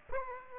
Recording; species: mosquito wingbeat signal from an infrared sensor; Aedes aegypti